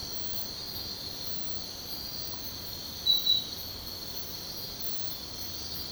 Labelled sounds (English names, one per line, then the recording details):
none
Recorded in secondary vegetation near Puerto Asís, Putumayo, Colombia, on 13 March 2025 at 05:00
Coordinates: 0.498, -76.327
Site G001